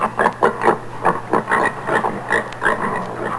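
Pig grunting in a steady series of short, nasal grunts about every quarter second, with a faint steady hum running underneath.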